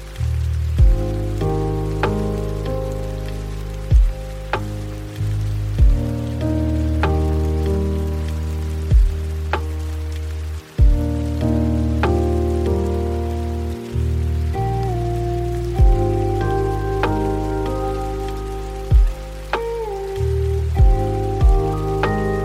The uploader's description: Lo-fi hiphop music